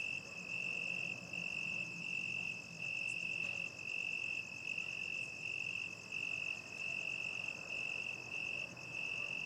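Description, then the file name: High continuous cricket trilling in long pulses with short breaks, while a low background hum of traffic carries on throughout. Crickets at night, with distant traffic ambience. "Night time crickets distant dogs and traffic ambience"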